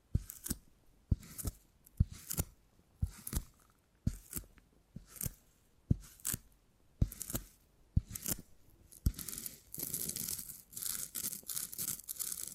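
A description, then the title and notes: Crackling and snapping of beeswax being worked by hand, with crisp, bright crunches arriving in a steady rhythm about twice a second for the first nine seconds. After that the sound turns into denser, continuous crinkling and rustling until the end. ASMR 20 Brain Tingly Sounds Using Beeswax (No Talking).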